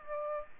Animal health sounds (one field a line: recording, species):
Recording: mosquito wingbeat signal from an infrared sensor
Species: Aedes aegypti